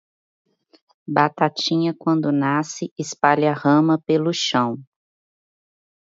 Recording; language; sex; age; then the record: short text; Brazilian Portuguese; female; 30 to 39 years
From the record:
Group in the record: control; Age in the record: 35 years